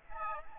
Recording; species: mosquito wingbeat signal from an infrared sensor; Aedes aegypti